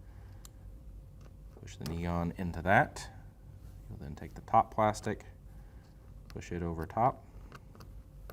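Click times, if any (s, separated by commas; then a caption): none. Someone talks while the top plastic housing of a Tresco by Rev-A-Shelf side-emitting Neoloop LED strip back-to-back connector is pushed over the bottom housing that holds the neon LED strip and circuit board. Faint short ticks occur near 0.5 s and 8.3 s, but the housing has not clicked closed or seated yet.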